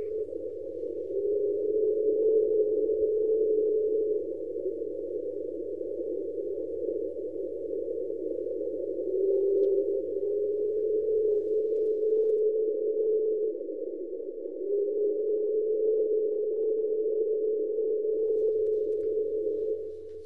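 A sped-up underwater recording of the 'Train' sound, made in the central Pacific Ocean and played at 16 times its real speed: a steady, droning tone that holds for twenty seconds, swelling slightly in pitch at moments, like a train horn, with a faint low hum beneath.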